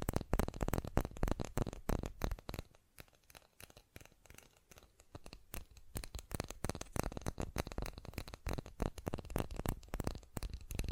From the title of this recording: Fast Tapping